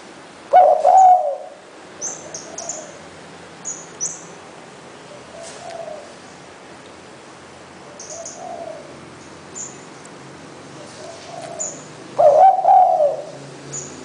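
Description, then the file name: Spotted dove cooing: a loud coo at the start and another near twelve seconds, softer coos between, and thin high chirps of other birds. "นกเขาใหญ่"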